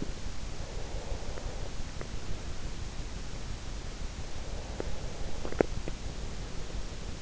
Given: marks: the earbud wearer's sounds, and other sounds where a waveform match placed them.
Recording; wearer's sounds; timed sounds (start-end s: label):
sounds in sleep by an in-ear microphone; breath
0.72-2.73 s: breath
4.49-6.76 s: breath